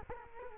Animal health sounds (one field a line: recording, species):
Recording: mosquito wingbeat signal from an infrared sensor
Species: Culex quinquefasciatus